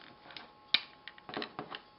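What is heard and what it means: A plastic leg/tail segment of a Transformers Fall of Cybertron Platinum Edition Grimlock action figure is folded down into its hip joint, repeating the same leg-forming move on the figure's second side. Light handling clicks surround one loud, sharp snap at 0.7 s. The second leg joint snaps into place and locks.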